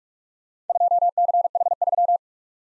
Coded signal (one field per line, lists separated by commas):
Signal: Morse code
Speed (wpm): 44 wpm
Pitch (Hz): 700 Hz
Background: none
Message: 2CH3